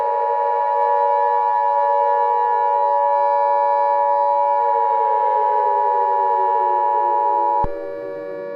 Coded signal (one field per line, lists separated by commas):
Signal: Emergency Alert System (SAME) tones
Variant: 853 and 960 Hz attention tone